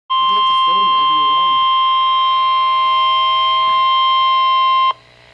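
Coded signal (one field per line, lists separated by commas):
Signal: Emergency Alert System (SAME) tones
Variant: 1050 Hz attention tone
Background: speech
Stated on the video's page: Severe thunderstorm warning from NWS Pittsburgh, carried on NOAA weather radio station KIH-35.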